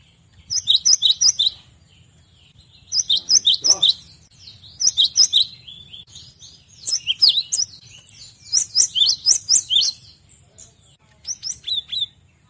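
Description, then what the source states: Cinereous tit with dense, rapid series of high chirping notes in several phrases of about a second, separated by short pauses. Song used to tutor captive songbirds.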